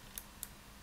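A memory card is pushed into the slot of an MD-01 24-hour blood pressure monitor recorder. Two short, sharp clicks are heard at 0.2 s and 0.4 s. The card is seated in the slot and does not stick out.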